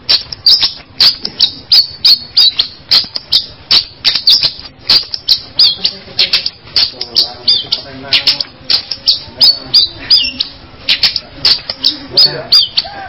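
Long-tailed shrike song: a long, jumbled, rapid chatter of sharp high chips and scratchy notes, delivered almost nonstop with an uneven rhythm.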